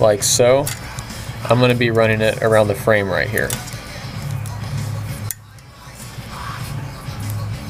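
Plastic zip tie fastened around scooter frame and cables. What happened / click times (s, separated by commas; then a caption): Handled, not yet home: strap routed around the frame, no clear ratchet clicks yet / none. Someone talks while a plastic zip tie is readied around the frame of a GoPed scooter to hold the cables in place, followed by quieter handling noise and a brief sharp tick near 5.3 seconds. The zip tie has not been ratcheted closed yet, and nothing has seated or clicked.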